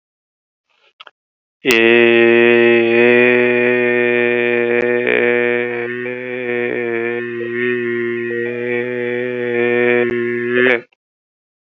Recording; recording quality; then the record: sustained vowel as in made; excellent, no background noise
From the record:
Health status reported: exposed to COVID-19, no respiratory illness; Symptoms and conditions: cough, cold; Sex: male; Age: 22 years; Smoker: not ticked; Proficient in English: yes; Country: India